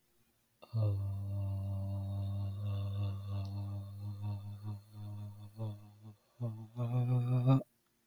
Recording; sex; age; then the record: vowel held as long as possible; male; 18 to 19 years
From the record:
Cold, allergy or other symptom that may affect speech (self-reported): no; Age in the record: 19 years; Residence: Florida, United States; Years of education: 13